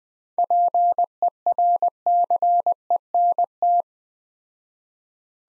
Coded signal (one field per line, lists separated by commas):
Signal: Morse code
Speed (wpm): 20 wpm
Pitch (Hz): 700 Hz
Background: none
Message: PERCENT